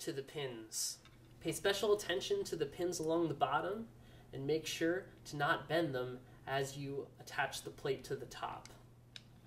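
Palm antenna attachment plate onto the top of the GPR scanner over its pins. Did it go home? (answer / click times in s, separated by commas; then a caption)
no / none. Someone talks while the Palm XT antenna attachment plate is handled and fitted onto the top of a StructureScan Mini XT GPR scanner over the pins along its bottom, taking care not to bend them. Two faint, brief ticks are heard near the end, at about 9.2 and 9.5 s. The plate has not popped into place or seated yet.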